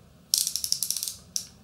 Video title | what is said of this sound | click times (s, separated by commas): Ameristep Quick-Cinch Ratchet Tie Downs | that's the ratchet working you can see i'm making the other side shorter and that side catches | 0.3 s, 0.7 s, 0.8 s, 0.9 s, 1.4 s